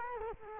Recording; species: mosquito wingbeat signal from an infrared sensor; Culex quinquefasciatus